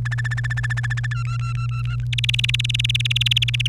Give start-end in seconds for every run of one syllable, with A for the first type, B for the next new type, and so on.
0.05-1.06 A, 1.11-1.96 B, 2.12-3.67 C